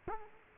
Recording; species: mosquito wingbeat signal from an infrared sensor; Culex quinquefasciatus